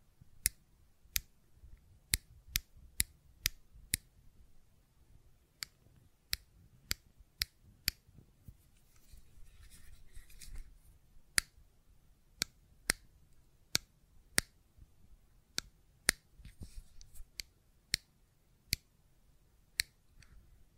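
Sharp clicks from a fidget cube snap out one at a time, roughly every half second to second, in irregular bursts across the whole stretch. Between them sits a low, soft rumble, with faint rustling scratches around ten seconds and again near seventeen.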